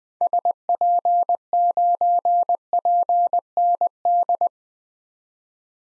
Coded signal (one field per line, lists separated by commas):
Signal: Morse code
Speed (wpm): 21 wpm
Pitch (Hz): 700 Hz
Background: none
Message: SP9PND